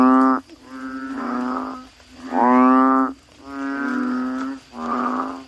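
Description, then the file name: Asian common toad calls in long, nasal groans, several notes of about a second each, separated by brief pauses. "suara kodok bangkong"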